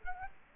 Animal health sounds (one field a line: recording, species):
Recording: mosquito wingbeat signal from an infrared sensor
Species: Culex quinquefasciatus